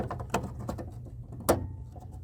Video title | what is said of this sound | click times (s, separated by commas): Replacing a headlight bulb : 1994 Ford F-250 | and there clicked right in tell it's in there because it clicked now | 1.5 s